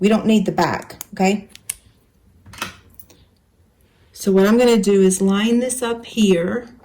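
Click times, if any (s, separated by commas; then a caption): none. Someone talks while lining up a small rectangular magnetic seam guide against a ruler on the metal bed of a sewing machine, with a few light handling taps in the pause between the speech. The clip ends before the guide is set down, so nothing has clicked or seated yet.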